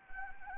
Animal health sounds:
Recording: mosquito wingbeat signal from an infrared sensor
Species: Anopheles gambiae

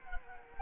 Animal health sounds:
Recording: mosquito wingbeat signal from an infrared sensor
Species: Culex quinquefasciatus

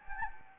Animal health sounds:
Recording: mosquito wingbeat signal from an infrared sensor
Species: Anopheles gambiae

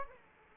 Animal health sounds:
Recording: mosquito wingbeat signal from an infrared sensor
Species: Aedes aegypti

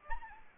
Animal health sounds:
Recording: mosquito wingbeat signal from an infrared sensor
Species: Aedes albopictus

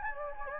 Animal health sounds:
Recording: mosquito wingbeat signal from an infrared sensor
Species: Anopheles gambiae

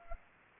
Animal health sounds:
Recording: mosquito wingbeat signal from an infrared sensor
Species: Anopheles arabiensis

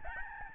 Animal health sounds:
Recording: mosquito wingbeat signal from an infrared sensor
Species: Aedes albopictus

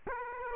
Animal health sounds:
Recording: mosquito wingbeat signal from an infrared sensor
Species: Aedes aegypti

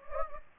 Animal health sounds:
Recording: mosquito wingbeat signal from an infrared sensor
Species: Anopheles gambiae

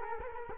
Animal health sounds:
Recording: mosquito wingbeat signal from an infrared sensor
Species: Culex quinquefasciatus

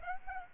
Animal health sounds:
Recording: mosquito wingbeat signal from an infrared sensor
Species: Aedes aegypti

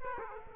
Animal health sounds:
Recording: mosquito wingbeat signal from an infrared sensor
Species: Aedes aegypti

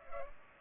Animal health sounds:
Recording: mosquito wingbeat signal from an infrared sensor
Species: Culex pipiens

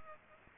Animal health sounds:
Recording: mosquito wingbeat signal from an infrared sensor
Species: Culex pipiens

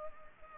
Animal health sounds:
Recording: mosquito wingbeat signal from an infrared sensor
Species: Culex pipiens

